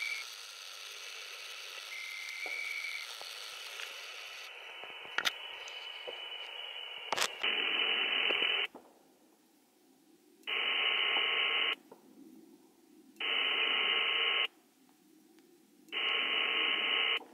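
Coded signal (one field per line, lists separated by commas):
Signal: HF data modem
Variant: VARA HF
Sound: hissing wideband data bursts: one longer burst, then three short repeated bursts with pauses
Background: radio static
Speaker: So when you hear that CW identifier at the end, that's how you know that you're good to start.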